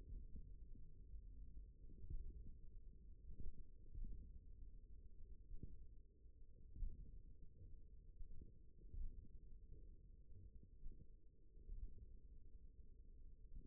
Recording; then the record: forearm muscle sounds (acoustic myography)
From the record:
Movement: finger pinch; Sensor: system 1, eight BSWA MPA416 microphones around the upper forearm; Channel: 4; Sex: male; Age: 41 years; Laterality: right